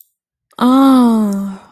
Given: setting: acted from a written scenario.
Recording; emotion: vocal sound without words; disappointment